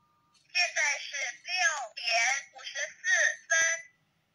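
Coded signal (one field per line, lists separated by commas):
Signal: speaking clock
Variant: Chinese, Nokia phone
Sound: a synthetic voice speaking about six short Chinese phrases, announcing the time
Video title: Nokia 105(2013) - Speaking Clock Chinese!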